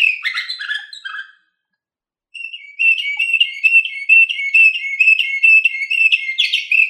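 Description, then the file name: Canary song: a burst of mixed chirps and warbles, a short silence, then a sustained rapid rolling trill repeated at a steady pitch to the end. Canary, recording named Orpheus V3. "kn orpheus v 3 omkicau"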